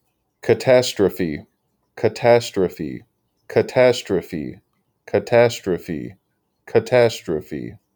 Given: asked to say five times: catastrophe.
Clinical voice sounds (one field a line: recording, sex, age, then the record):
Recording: repeated word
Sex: male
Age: 20 to 29 years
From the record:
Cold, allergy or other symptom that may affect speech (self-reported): no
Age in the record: 28 years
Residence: Massachusetts, United States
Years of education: 16